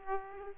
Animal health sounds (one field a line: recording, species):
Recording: mosquito wingbeat signal from an infrared sensor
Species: Aedes aegypti